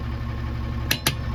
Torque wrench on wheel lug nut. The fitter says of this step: know throw it until it clicks